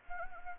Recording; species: mosquito wingbeat signal from an infrared sensor; Anopheles arabiensis